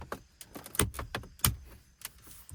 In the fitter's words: Snaps right into place.